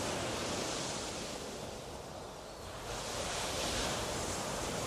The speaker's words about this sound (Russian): Волны подбрасывали корабль, как пробку. Капитан вместе с рулевым держали штурвал, лавируя между рифами. Нас швыряло то вправо, то влево.